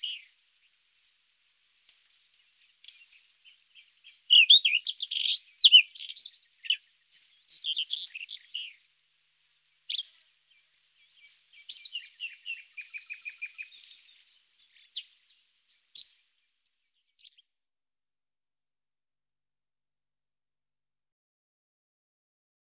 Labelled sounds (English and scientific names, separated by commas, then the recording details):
Rufous-tailed Scrub Robin (Erythropygia galactotes) song
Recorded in the wild
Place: National Independence Park, Aschgabat, TM
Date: 2001-05-15
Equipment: MiniDisc Sharp MT 20 H
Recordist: Schwarz, Dieter
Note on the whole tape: Song